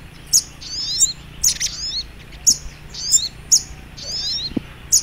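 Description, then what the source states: Little Spiderhunter song of bright, thin chirps and quick downslurred trills, repeated in short bursts, with a soft low hum beneath. Training recording (masteran).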